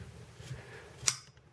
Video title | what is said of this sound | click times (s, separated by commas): Quick and Easy DIY diy Windshield wiper replacement car / truck | can hear it click once it clicks into place you're done | 1.1 s